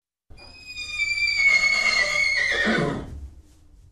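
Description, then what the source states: Horse whinnying, a loud high tonal cry that holds then slides downward into a rough shuddering finish, lasting about three seconds. Braying.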